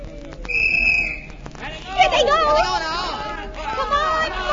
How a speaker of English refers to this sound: Why that whistle so soon? What's happened? What's wrong?